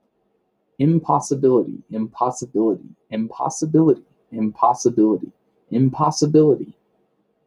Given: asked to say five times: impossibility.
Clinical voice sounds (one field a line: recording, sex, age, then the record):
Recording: repeated word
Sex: male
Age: 30 to 39 years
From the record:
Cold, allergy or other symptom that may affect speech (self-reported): no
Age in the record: 34 years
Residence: Arizona, United States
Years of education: 17